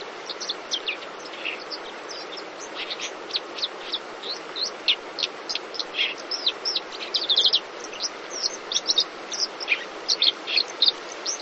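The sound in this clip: Bird chirping, many brief high notes scattered through the recording, some in quick clusters, over constant background hiss.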